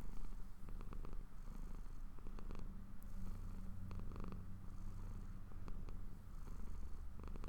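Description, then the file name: Domestic cat purr, deep and even, with a soft faint tone joining midway and scattered small ticks. Owner's pet cat purring while falling asleep. "My Cat Purring To Sleep"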